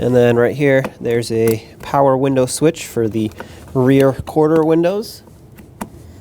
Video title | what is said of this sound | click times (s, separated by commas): How to Replace Side Rear View Mirrors 2008-2020 Dodge Grand Caravan | Plug that in, make sure it clicks. | 5.8 s